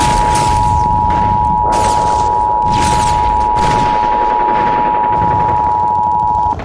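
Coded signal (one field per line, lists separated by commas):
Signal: Emergency Alert System (SAME) tones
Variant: 853 and 960 Hz attention tone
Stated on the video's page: EAS tones as heard in the film Battle: Los Angeles.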